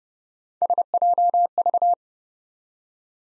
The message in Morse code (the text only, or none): SJV